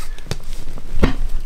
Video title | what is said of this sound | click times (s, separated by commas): chair - vlog | oh there's one there was the click | 1.0 s